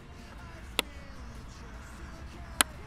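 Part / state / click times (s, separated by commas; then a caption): hatch cover clips on RC boat hull / seated / 0.8 s, 2.6 s. Further plastic clips on the first-stage hatch cover of an Eachine EBT05 57 cm RC speed boat hull are snapped closed to make sure the cover is clipped watertight. Two sharp, short clicks ring out at 0.8 s and 2.6 s over a low, steady background. The clips snap home and the hatch is seated.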